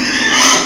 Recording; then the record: squeal of a Yucatan mini pig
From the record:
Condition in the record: before surgery on the right vocal fold (resection and tissue-engineered implant); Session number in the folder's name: 2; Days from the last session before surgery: 0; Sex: male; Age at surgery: 12 weeks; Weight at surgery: 13 kg